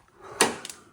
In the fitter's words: you hear the click. It's locked.